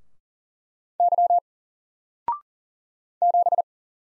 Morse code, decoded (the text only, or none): Y 7